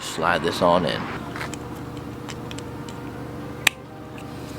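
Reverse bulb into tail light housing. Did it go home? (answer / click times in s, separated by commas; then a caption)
yes / 3.7 s. A new reverse bulb is slid into the LCI tail light housing of a BMW F22 M235i with the N55 engine, replacing the old bulb, while someone talks at the start. After a few faint ticks, the bulb socket clicks into place with a sharp, loud click at 3.7 s, seating it in the tail light.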